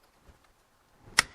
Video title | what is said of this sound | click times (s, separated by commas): The 2008 Copart Buick Enclave Build Part 5 No Crank No Communication | so get that click back in these two pieces got to go back together | 1.2 s